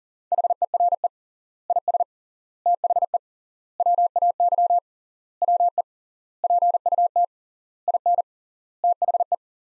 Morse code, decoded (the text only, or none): HERE IS THE WAY WE PUT IN THE